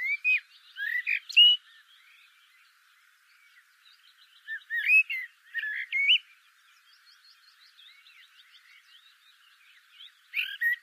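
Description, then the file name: Eurasian blackbird song: short, rich whistled warbles repeated every few seconds, some finishing with faint high squeaky flourishes. "Turdus merula"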